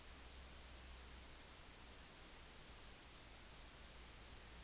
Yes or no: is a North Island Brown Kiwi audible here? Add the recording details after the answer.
no. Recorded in New Zealand on 10 November 2013. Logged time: 02:19